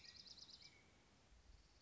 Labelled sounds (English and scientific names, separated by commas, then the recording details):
Dark-eyed Junco (Junco hyemalis)
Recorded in Sonoma County, California